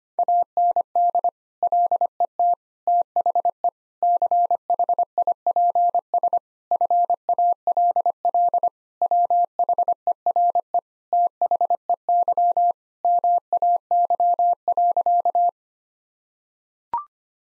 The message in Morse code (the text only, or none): AND LET THE CHIPS FALL WHERE THEY MAY.